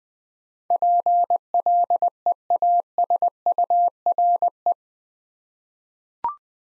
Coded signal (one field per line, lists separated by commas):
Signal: Morse code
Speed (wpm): 20 wpm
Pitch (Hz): 700 Hz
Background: none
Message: PLEASURE